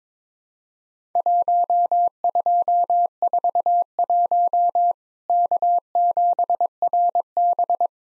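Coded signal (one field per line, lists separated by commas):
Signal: Morse code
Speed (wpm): 22 wpm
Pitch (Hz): 700 Hz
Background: none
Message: 1241 K7RB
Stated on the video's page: Worked All Europe DX Contest QTC exchange practice at 22wpm, each exchange sent in Morse, then spoken, then sent again.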